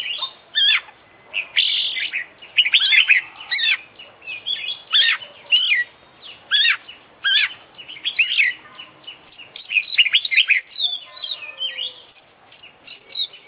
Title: Kicau Mania - Full Isian Juara Internasional Burung KACER Gacor